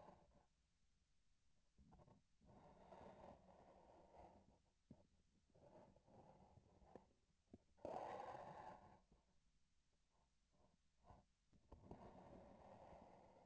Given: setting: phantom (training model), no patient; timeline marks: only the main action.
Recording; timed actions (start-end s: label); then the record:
laparoscopic instrument, vibration sensor on the handle end
5.46-7.16 s: palpation
From the record:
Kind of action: gesture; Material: synthetic tissue